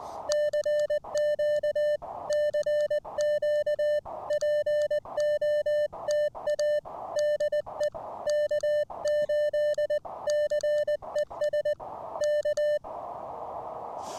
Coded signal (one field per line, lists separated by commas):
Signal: Morse code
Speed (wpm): 20 wpm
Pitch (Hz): 600 Hz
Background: music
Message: CQ CQ POTA DE K8CES K